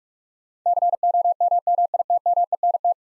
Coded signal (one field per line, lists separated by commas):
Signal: Morse code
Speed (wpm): 46 wpm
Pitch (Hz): 700 Hz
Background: none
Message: COMMITMENT